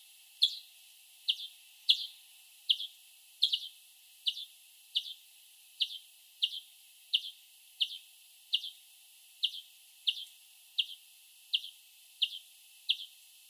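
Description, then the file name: European greenfinch calls: a steady, very regular series of sharp high chirps throughout. "Chloris chloris"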